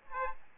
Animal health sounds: mosquito wingbeat signal from an infrared sensor; Aedes aegypti

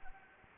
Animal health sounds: mosquito wingbeat signal from an infrared sensor; Anopheles gambiae

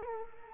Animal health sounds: mosquito wingbeat signal from an infrared sensor; Culex quinquefasciatus

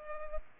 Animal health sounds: mosquito wingbeat signal from an infrared sensor; Culex pipiens

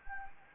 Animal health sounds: mosquito wingbeat signal from an infrared sensor; Anopheles gambiae

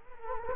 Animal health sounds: mosquito wingbeat signal from an infrared sensor; Culex quinquefasciatus

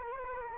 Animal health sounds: mosquito wingbeat signal from an infrared sensor; Culex quinquefasciatus

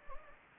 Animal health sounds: mosquito wingbeat signal from an infrared sensor; Anopheles gambiae

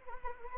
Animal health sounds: mosquito wingbeat signal from an infrared sensor; Anopheles arabiensis

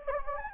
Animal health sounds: mosquito wingbeat signal from an infrared sensor; Anopheles gambiae

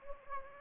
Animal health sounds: mosquito wingbeat signal from an infrared sensor; Anopheles gambiae

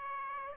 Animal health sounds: mosquito wingbeat signal from an infrared sensor; Aedes aegypti

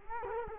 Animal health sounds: mosquito wingbeat signal from an infrared sensor; Culex quinquefasciatus

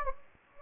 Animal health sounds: mosquito wingbeat signal from an infrared sensor; Anopheles gambiae

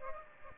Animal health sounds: mosquito wingbeat signal from an infrared sensor; Aedes aegypti

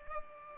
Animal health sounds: mosquito wingbeat signal from an infrared sensor; Culex pipiens

